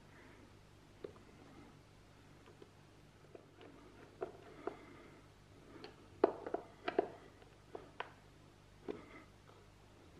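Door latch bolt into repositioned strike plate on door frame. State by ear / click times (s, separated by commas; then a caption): seated / 6.2 s. A door is closed on its frame after the strike plate has been moved to a new position, with faint taps and rattles leading up to it. At 6.2 s the latch bolt catches in the repositioned strike plate with a sharp, positive click, followed by a few smaller knocks as the door settles. The latch is seated with hardly any play.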